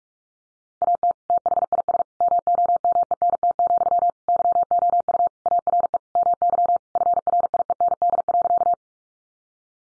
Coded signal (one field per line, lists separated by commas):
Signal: Morse code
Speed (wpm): 44 wpm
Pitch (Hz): 700 Hz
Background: none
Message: AT THIS MOMENT, YOU ARE MY FRIEND.